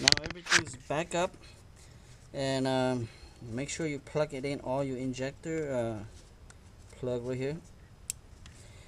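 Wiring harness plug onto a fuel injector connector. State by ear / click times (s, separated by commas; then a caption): seated / 8.1 s. During reassembly after a fuel injector replacement on a 2019 Honda Accord with P0303 misfires, a wiring harness plug is pushed onto a fuel injector's plastic electrical connector while someone talks. One sharp click at 8.1 s shows the plug is seated.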